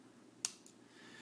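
The steel hammer of a single-action revolver is cocked only slightly in its frame, and a single sharp, bright click at 0.5 s marks it engaging the first notch, the safety position. A much fainter tick follows at about 0.7 s, over quiet background noise.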